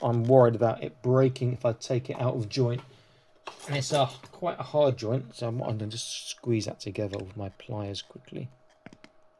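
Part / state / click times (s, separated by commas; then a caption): hand/wrist ball joint going into the forearm socket of a plastic action figure / seated / 8.9 s, 9.0 s. A popped-out plastic wrist ball joint on a Cthulhu action figure is squeezed back into the forearm socket with pliers while someone talks. After the talk, sharp clicks at 8.9 and 9.0 seconds mark the hand seating back into place.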